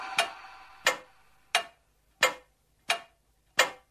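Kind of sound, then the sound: sound effect, clock ticking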